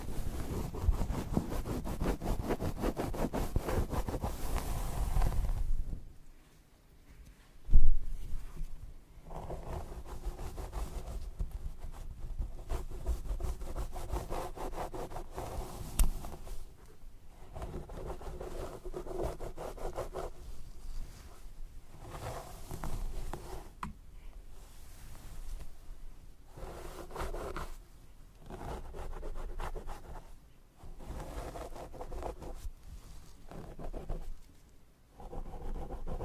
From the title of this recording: Scalp Massage & Hair Brushing